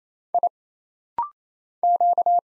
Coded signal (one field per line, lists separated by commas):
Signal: Morse code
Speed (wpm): 27 wpm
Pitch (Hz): 700 Hz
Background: none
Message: I Q